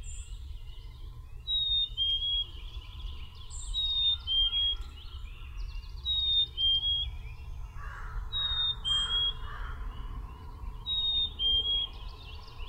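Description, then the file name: Black-capped chickadee whistling its falling two-note phrase five times, roughly every two and a half seconds, with faint high chips, a brief lower warble, and constant low-frequency noise. Recorded on 13 May 2001; the recording is described as noisy. "2001-05-13 Black-capped Chickadee Noisy"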